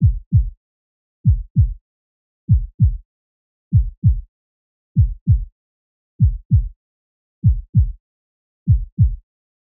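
A steady, regular heartbeat: low-pitched thumping lub-dub pairs repeating about 48 times per minute, with silence between beats.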